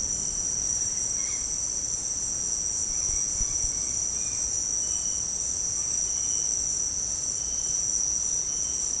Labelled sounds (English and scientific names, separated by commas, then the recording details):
none
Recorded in pastures near Puerto Asís, Putumayo, Colombia, on 25 June 2025 at 17:30
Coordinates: 0.496, -76.326
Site GP01